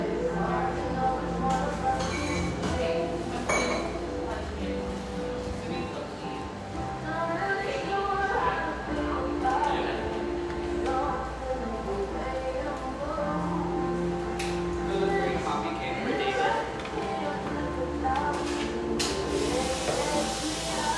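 Steady cafe chatter fills a Portland cafe, with overlapping voices murmuring throughout the whole stretch. A low continuous hum sits underneath, and occasional clinks of dishes and cups ring out, including a sharp one near the start and a few around the nineteen-second mark.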